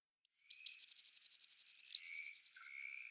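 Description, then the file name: Eurasian blue tit song: two brief high notes followed by a long, rapid, evenly pulsed trill lasting about two seconds, with faint lower notes near its end. "Parus caeruleus"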